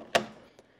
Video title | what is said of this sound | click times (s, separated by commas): RAM Reseat on HP Tower | then you'll hear both of those tabs snapping back shut. It makes a clicking noise. | 0.2 s